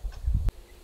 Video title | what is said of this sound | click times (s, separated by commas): BEST OFF-ROAD CARAVAN-ZONE SOJOURN SUMMIT | and it locks into place | 0.5 s